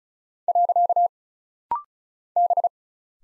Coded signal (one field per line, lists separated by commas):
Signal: Morse code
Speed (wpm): 36 wpm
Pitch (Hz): 700 Hz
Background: none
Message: . B